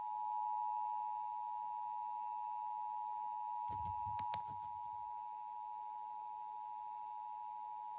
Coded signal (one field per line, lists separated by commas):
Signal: Emergency Alert System (SAME) tones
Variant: 853 and 960 Hz attention tone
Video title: Sacramento-Sierra EAS Required Monthly Test #emergencyalertsystem #weather #radio #shorts #eas